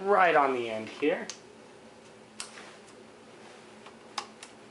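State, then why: Seated. Someone talks, then pushes an airsoft part, most likely the two-tone flash hider, onto the end of a MADBULL Halo airsoft barrel extension. Faint handling sounds and a sharp tap at about 2.4 s lead to a crisp click at 4.2 s, with a smaller click at 4.4 s. The flash hider clicks into place and is seated.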